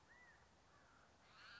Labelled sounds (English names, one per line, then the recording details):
California Quail
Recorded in Sonoma County, California